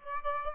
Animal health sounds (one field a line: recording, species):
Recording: mosquito wingbeat signal from an infrared sensor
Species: Aedes aegypti